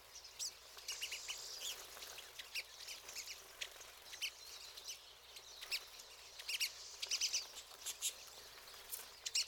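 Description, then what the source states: Pine siskins calling as a flock, a steady stream of high chips and twitters that grows busier toward the end. Several birds.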